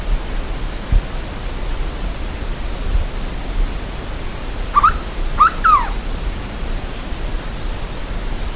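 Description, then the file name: Bird call: after several seconds of low rumble, a brief rising note and then a doubled, arching, slightly harsh call, with noise continuing afterwards. "SABIOD 50 bird 2015"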